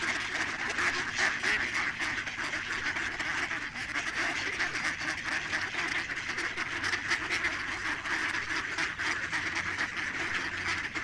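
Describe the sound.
Ducks quacking in a dense, continuous chorus, many overlapping nasal calls throughout with no pause.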